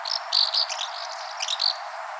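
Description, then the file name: Asian house martin calls: a few short, high twittering chirps in two small bursts, separated by a brief pause. "Golosa ptic - Vostochnaya gorodskaya lastochka Delichon dasypus"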